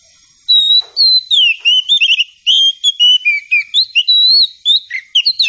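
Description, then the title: Oriental Magpie-Robin delivering a loud, unbroken run of sweet whistled notes, slurred up and down, with scattered sharp chips. Presented as an outstanding magpie-robin song, guaranteed to draw an answering response. "Dijamin Nyaut Kacer Istimewah"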